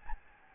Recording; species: mosquito wingbeat signal from an infrared sensor; Aedes albopictus